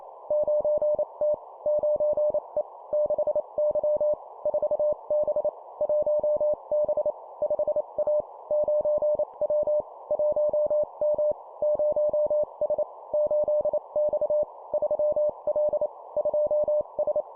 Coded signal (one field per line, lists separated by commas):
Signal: Morse code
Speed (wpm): 28 wpm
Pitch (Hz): 600 Hz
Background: none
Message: 9T 9E 6Y 4B 1B 5A 9W 1M 0S 8X 3L 2S